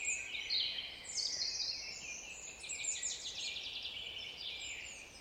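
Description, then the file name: Eurasian blackcap song: a fast, varied warble of chattering and whistled notes, high-pitched, running almost continuously throughout with slight pauses. "Sylvia atricapilla"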